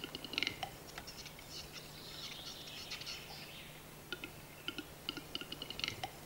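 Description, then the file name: Western capercaillie display: spaced double clicks, a scratchy hissing whetting phrase in the middle, then clicks starting again. Display (lekking song, Hungarian 'dürgés') recorded in the Czech Republic. "Siketfajd dürgés Csehországból"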